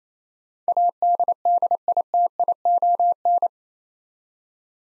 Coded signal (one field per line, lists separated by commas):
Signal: Morse code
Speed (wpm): 28 wpm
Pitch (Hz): 700 Hz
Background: none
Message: ADDITION